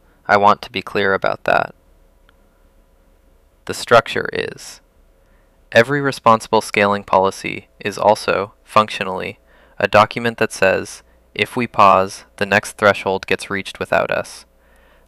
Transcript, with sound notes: I want to be clear about that. [pause] The structure is. Every responsible scaling policy is also, functionally, a document that says: if we pause, the next threshold gets reached without us.